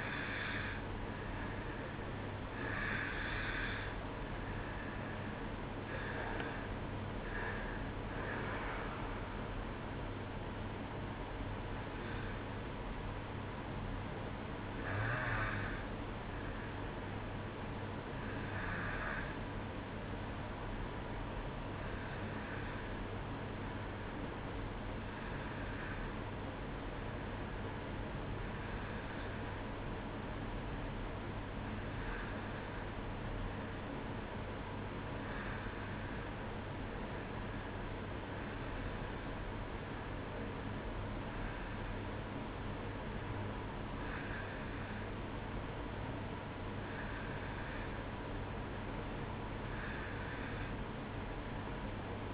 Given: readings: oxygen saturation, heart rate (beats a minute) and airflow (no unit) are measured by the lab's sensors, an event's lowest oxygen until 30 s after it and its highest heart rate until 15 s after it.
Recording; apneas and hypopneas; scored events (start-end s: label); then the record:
breathing in sleep by a voice recorder at the bedside; 1
14.00-43.40 s: hypopnea (N2, oxygen 94% highest, then 90% lowest, heart rate 63 at the start, 65 highest)
From the record:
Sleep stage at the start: N2 (light sleep); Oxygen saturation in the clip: 90 to 94%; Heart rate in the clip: 60 to 70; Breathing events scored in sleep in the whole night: 305 in 9.6 hours asleep